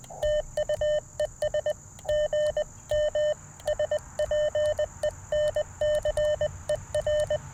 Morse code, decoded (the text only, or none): TUES GM SPENCER